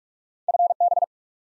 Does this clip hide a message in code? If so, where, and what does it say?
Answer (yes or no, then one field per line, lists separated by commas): yes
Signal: Morse code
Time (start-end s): 0.5-1.0 s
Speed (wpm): 43 wpm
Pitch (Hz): 700 Hz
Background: none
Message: FB